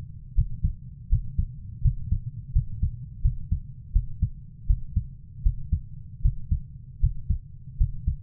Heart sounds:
heart sounds by stethoscope; 81 bpm
0.35 s: heartbeat
1.09 s: heartbeat
1.82 s: heartbeat
2.53 s: heartbeat
3.22 s: heartbeat
3.92 s: heartbeat
4.67 s: heartbeat
5.43 s: heartbeat
6.22 s: heartbeat
7.00 s: heartbeat
7.77 s: heartbeat
From the record:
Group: healthy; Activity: breath hold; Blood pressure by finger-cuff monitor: 112/66 mmHg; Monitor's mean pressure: 83 mmHg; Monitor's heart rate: 81 bpm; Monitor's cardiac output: 7 L/min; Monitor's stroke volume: 85 mL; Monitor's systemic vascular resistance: 870 dyn s/cm5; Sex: female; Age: 24 years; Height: 163 cm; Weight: 55.7 kg

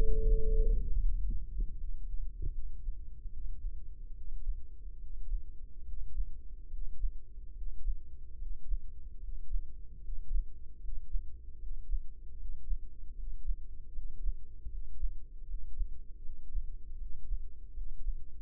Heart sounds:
heart sounds by microphone in the left ear; 75 bpm
0.24 s: heartbeat
1.01 s: heartbeat
1.77 s: heartbeat
2.52 s: heartbeat
3.30 s: heartbeat
4.13 s: heartbeat
4.98 s: heartbeat
5.84 s: heartbeat
6.69 s: heartbeat
7.54 s: heartbeat
8.38 s: heartbeat
9.20 s: heartbeat
10.00 s: heartbeat
10.80 s: heartbeat
11.58 s: heartbeat
12.37 s: heartbeat
13.15 s: heartbeat
13.93 s: heartbeat
14.69 s: heartbeat
15.46 s: heartbeat
16.21 s: heartbeat
16.97 s: heartbeat
17.73 s: heartbeat
From the record:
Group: healthy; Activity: rest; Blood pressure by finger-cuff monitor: 97/71 mmHg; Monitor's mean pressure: 80 mmHg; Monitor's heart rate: 76 bpm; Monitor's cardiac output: 5.4 L/min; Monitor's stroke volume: 73 mL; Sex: female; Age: 32 years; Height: 172 cm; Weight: 71.7 kg

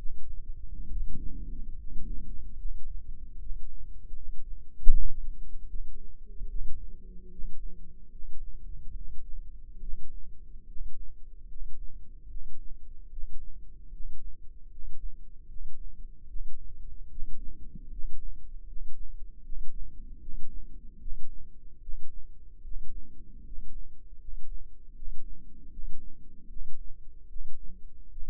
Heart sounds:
heart sounds by microphone in the left ear; 75 bpm
0.88 s: heartbeat
1.76 s: heartbeat
2.56 s: heartbeat
3.38 s: heartbeat
4.14 s: heartbeat
4.90 s: heartbeat
5.67 s: heartbeat
6.47 s: heartbeat
7.30 s: heartbeat
8.10 s: heartbeat
8.94 s: heartbeat
9.80 s: heartbeat
10.66 s: heartbeat
11.47 s: heartbeat
12.28 s: heartbeat
13.09 s: heartbeat
13.91 s: heartbeat
14.69 s: heartbeat
15.47 s: heartbeat
16.27 s: heartbeat
17.09 s: heartbeat
17.89 s: heartbeat
18.66 s: heartbeat
19.42 s: heartbeat
20.19 s: heartbeat
20.99 s: heartbeat
21.80 s: heartbeat
22.62 s: heartbeat
23.43 s: heartbeat
24.18 s: heartbeat
24.93 s: heartbeat
25.70 s: heartbeat
26.47 s: heartbeat
27.27 s: heartbeat
28.08 s: heartbeat
From the record:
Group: healthy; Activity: rest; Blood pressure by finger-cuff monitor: 101/67 mmHg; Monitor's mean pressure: 76 mmHg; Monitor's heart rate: 75 bpm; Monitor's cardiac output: 6.3 L/min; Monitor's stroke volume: 84 mL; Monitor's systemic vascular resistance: 870 dyn s/cm5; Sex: male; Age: 35 years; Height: 180 cm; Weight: 86.9 kg

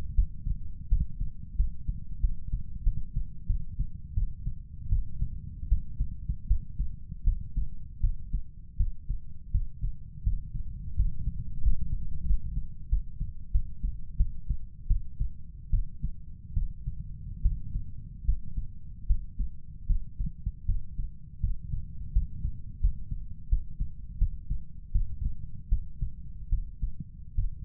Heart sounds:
heart sounds by stethoscope; 82 bpm
0.14 s: heartbeat
0.88 s: heartbeat
1.56 s: heartbeat
2.20 s: heartbeat
2.83 s: heartbeat
3.46 s: heartbeat
4.14 s: heartbeat
4.89 s: heartbeat
5.68 s: heartbeat
6.47 s: heartbeat
7.23 s: heartbeat
8.00 s: heartbeat
8.76 s: heartbeat
9.51 s: heartbeat
10.23 s: heartbeat
10.95 s: heartbeat
11.62 s: heartbeat
12.26 s: heartbeat
12.89 s: heartbeat
13.51 s: heartbeat
14.17 s: heartbeat
14.87 s: heartbeat
15.70 s: heartbeat
16.53 s: heartbeat
17.42 s: heartbeat
18.25 s: heartbeat
19.06 s: heartbeat
19.86 s: heartbeat
20.65 s: heartbeat
21.40 s: heartbeat
22.12 s: heartbeat
22.80 s: heartbeat
23.48 s: heartbeat
24.18 s: heartbeat
24.91 s: heartbeat
25.68 s: heartbeat
26.49 s: heartbeat
27.35 s: heartbeat
From the record:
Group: healthy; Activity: cold pressor test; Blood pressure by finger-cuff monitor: 121/88 mmHg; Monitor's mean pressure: 101 mmHg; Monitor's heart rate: 80 bpm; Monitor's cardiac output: 5.7 L/min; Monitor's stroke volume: 73 mL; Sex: male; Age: 35 years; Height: 178 cm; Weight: 64 kg

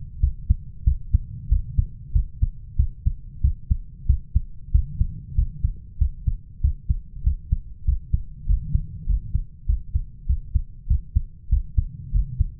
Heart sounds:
heart sounds by stethoscope; 96 bpm
0.22 s: heartbeat
0.86 s: heartbeat
1.51 s: heartbeat
2.15 s: heartbeat
2.78 s: heartbeat
3.43 s: heartbeat
4.08 s: heartbeat
4.74 s: heartbeat
5.37 s: heartbeat
6.00 s: heartbeat
6.63 s: heartbeat
7.25 s: heartbeat
7.87 s: heartbeat
8.48 s: heartbeat
9.08 s: heartbeat
9.68 s: heartbeat
10.28 s: heartbeat
10.89 s: heartbeat
11.51 s: heartbeat
12.14 s: heartbeat
From the record:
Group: healthy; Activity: rest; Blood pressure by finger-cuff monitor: 137/85 mmHg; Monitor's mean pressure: 101 mmHg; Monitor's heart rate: 95 bpm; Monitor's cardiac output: 7.9 L/min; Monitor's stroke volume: 84 mL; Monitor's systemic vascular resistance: 970 dyn s/cm5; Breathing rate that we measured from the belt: 17 breaths a minute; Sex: male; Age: 21 years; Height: 175 cm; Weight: 72.6 kg

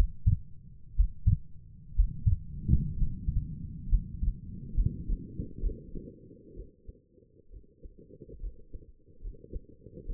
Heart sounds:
heart sounds by stethoscope; 66 bpm
0.95 s: heartbeat
1.95 s: heartbeat
2.96 s: heartbeat
3.89 s: heartbeat
4.75 s: heartbeat
5.61 s: heartbeat
6.54 s: heartbeat
7.50 s: heartbeat
8.41 s: heartbeat
9.22 s: heartbeat
10.07 s: heartbeat
From the record:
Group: healthy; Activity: Valsalva maneuver 0-2 s, rest 2-10 s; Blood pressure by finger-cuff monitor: 87/57 mmHg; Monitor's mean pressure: 66 mmHg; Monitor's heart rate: 62 bpm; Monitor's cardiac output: 4.8 L/min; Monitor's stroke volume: 77 mL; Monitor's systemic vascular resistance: 950 dyn s/cm5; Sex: female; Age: 28 years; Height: 170 cm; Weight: 77 kg

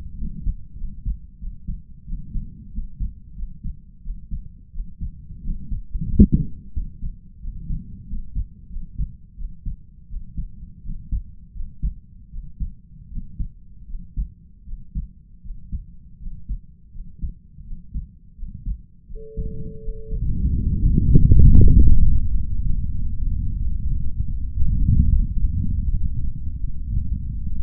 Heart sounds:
heart sounds by stethoscope; 86 bpm
0.16 s: heartbeat
0.76 s: heartbeat
1.38 s: heartbeat
2.05 s: heartbeat
2.70 s: heartbeat
3.34 s: heartbeat
4.01 s: heartbeat
4.71 s: heartbeat
5.42 s: heartbeat
6.06 s: heartbeat
6.72 s: heartbeat
7.39 s: heartbeat
8.05 s: heartbeat
8.68 s: heartbeat
9.35 s: heartbeat
10.07 s: heartbeat
10.81 s: heartbeat
11.52 s: heartbeat
12.29 s: heartbeat
13.08 s: heartbeat
13.86 s: heartbeat
14.64 s: heartbeat
15.41 s: heartbeat
16.18 s: heartbeat
16.91 s: heartbeat
17.63 s: heartbeat
18.35 s: heartbeat
19.06 s: heartbeat
19.80 s: heartbeat
20.51 s: heartbeat
21.15 s: heartbeat
21.75 s: heartbeat
22.34 s: heartbeat
22.94 s: heartbeat
23.60 s: heartbeat
24.34 s: heartbeat
25.11 s: heartbeat
25.86 s: heartbeat
26.61 s: heartbeat
27.38 s: heartbeat
From the record:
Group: healthy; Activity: rest 0-20 s, breath hold 20-28 s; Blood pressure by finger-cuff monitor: 105/66 mmHg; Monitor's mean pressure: 78 mmHg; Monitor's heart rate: 89 bpm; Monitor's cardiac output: 6.2 L/min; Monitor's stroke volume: 68 mL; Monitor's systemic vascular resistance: 850 dyn s/cm5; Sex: male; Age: 22 years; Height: 181 cm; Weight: 60 kg

